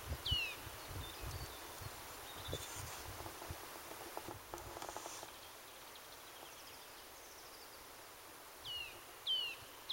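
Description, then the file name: Eurasian nuthatch calls: a few short, high, downward-sweeping notes near the start and toward the end, over rustling and low background rumble. "Sitta europaea"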